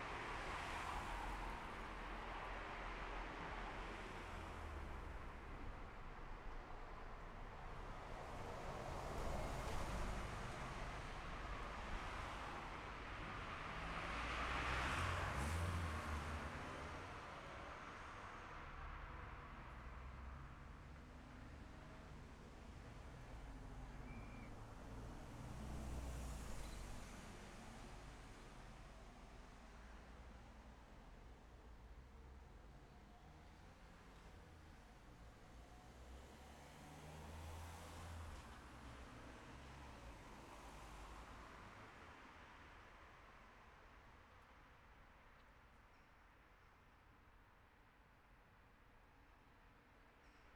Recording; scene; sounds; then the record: everyday scene through a hearing-aid microphone; in traffic; traffic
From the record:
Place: city secondary road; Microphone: behind the ear, left, front